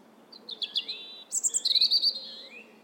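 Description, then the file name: European robin song: a brief run of high chirps, then a bright, fast trilled and warbled phrase with a thin rising whistle beneath, over soft low hiss. "Erithacus rubecula"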